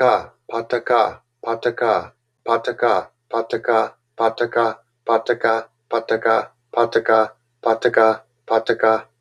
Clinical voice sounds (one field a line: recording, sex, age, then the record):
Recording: repeated syllables /pa ta ka/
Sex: male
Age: 50 to 59 years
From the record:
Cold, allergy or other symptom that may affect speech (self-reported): no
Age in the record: 52 years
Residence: Georgia, United States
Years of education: 14